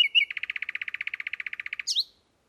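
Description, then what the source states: Common Nightingale song: a couple of brief opening notes, then a rapid, even trill of many clipped notes, ending in a sharp high whistle. Male returned to his songpost, singing at night from 10 p.m., 13 May, near the recordist's home in Kent; recorded with a parabolic reflector about 15 feet away.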